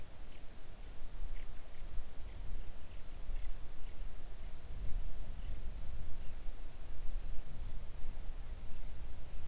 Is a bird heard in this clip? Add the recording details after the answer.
yes. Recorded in the Arctic National Wildlife Refuge, Alaska, on 3 August 2019 at 05:17. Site 41